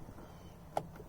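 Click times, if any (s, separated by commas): 0.8 s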